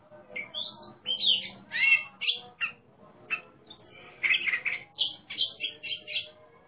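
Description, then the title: Oriental magpie-robin giving loud, somewhat harsh whistled notes and chattering phrases in short bursts, with a low humming background. Competition bird singing in the ngeplong style, described as gacor (singing abundantly) and a national champion. "burung berkicau Kacer Ngeplong gacor Juara Nasional. burung Kacer"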